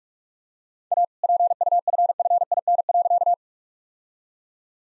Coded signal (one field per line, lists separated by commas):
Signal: Morse code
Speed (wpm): 46 wpm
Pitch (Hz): 700 Hz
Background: none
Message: A PUFFIN.